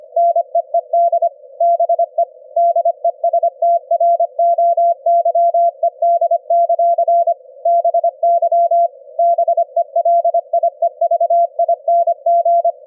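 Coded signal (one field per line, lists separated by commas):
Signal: Morse code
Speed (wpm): 25 wpm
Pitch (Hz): 680 Hz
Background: none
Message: NEED BE DESTROYED; BY BELIEVING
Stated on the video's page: CW sent by a keyer directly at 25 Hz in the ELF band at 25 wpm, received and demodulated with an SDR application.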